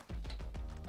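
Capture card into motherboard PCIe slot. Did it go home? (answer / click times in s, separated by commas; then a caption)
no / none. A capture card is handled at the motherboard's PCIe slot before being pushed in. Short tapping and rubbing handling noises are heard over a steady low hum, with a brief sharp sound near the end. Nothing has seated or clicked yet.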